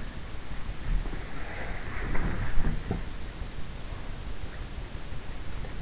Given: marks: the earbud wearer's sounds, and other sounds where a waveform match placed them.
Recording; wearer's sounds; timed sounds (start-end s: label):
sounds in sleep by an in-ear microphone; body movement, breath
0.00-4.56 s: body movement
1.17-3.30 s: breath